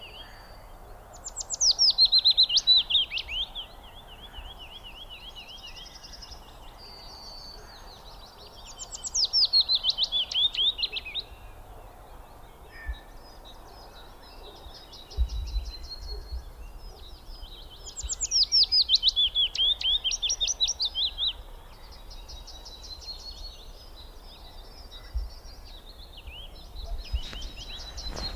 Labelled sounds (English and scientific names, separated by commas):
Willow Warbler (Phylloscopus trochilus) song